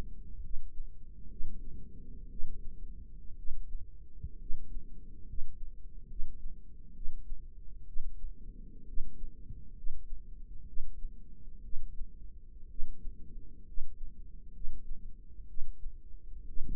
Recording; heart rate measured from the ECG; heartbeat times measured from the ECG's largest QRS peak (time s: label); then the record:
heart sounds by microphone in the right ear; 64 bpm
0.45 s: heartbeat
1.32 s: heartbeat
2.32 s: heartbeat
3.39 s: heartbeat
4.42 s: heartbeat
5.30 s: heartbeat
6.11 s: heartbeat
6.97 s: heartbeat
7.89 s: heartbeat
8.89 s: heartbeat
9.78 s: heartbeat
10.69 s: heartbeat
11.65 s: heartbeat
12.71 s: heartbeat
13.69 s: heartbeat
14.56 s: heartbeat
15.50 s: heartbeat
16.49 s: heartbeat
From the record:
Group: healthy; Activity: rest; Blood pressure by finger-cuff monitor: 136/74 mmHg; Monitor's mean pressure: 92 mmHg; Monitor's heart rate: 68 bpm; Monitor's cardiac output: 8.4 L/min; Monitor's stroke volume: 128 mL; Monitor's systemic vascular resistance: 820 dyn s/cm5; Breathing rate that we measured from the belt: 14 breaths a minute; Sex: male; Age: 30 years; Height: 188 cm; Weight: 110.2 kg